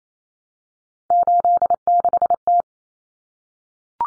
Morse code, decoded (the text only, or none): 86T